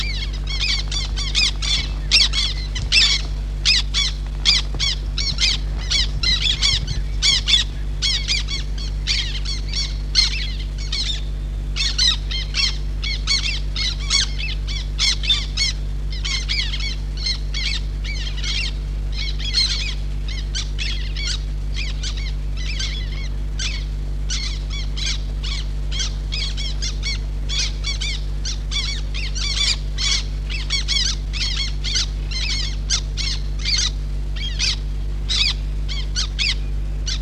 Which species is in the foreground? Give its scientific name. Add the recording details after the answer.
Chlidonias niger. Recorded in the wild. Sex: group. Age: diverse. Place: Petershain, Niederlausitz, Sachsen, DE. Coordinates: 51.3167, 14.7514. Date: 1963-06-10. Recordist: Meyer, Hugo. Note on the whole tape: In der Kolonie und Angriffsflug